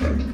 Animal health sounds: pig call; growing-finishing pig (85 days or more)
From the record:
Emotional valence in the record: negative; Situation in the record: barren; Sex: female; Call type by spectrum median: low-frequency call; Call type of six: low-frequency stable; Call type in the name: low-frequency stable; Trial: 3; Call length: 0.34 s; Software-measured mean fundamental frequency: 69 Hz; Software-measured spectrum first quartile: 80 Hz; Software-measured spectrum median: 203 Hz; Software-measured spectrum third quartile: 457 Hz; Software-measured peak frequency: 238 Hz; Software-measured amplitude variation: 110 dB a second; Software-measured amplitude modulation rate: 28.3 a second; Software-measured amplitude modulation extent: 3.9 dB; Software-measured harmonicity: -1.8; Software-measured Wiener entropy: -1.01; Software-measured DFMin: 631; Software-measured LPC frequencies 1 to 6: 311, 1523, 2296, 3885, 6467, 8182 Hz

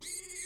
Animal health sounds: pig call; weaner (32 to 43 days)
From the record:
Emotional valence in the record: negative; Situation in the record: restrain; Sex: male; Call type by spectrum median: high-frequency call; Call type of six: high-frequency stable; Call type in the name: high-frequency stable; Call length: 0.47 s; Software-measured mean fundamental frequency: 363 Hz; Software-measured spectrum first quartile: 4003 Hz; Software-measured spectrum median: 7035 Hz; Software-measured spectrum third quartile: 8642 Hz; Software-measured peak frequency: 8288 Hz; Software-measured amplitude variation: 141 dB a second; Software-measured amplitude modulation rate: 18.2 a second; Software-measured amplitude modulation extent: 7.7 dB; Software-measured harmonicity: 3.6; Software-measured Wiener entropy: -2.26

